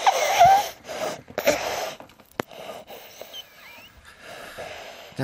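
A boy is breathing loudly and with effort during the night. The breaths are harsh and uneven, with a brief whistling tone early on, then fade to quieter rasping. This is a wheeze with laboured breathing, caused by a swallowed button battery; it had been taken for croup from a viral infection.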